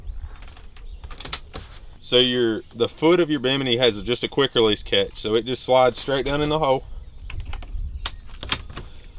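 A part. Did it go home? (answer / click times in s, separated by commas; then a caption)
yes / 8.5 s. Someone talks while pulling down on a new, stiff boat top so the frame foot slides straight down into its hole in the quick-release deck catch. After a few light knocks, a sharp click at 8.5 s shows the foot has seated and the top is locked in.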